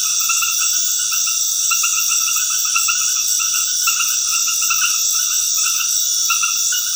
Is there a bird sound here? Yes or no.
no